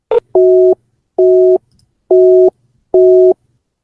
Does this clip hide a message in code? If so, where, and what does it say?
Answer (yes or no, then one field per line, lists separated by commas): no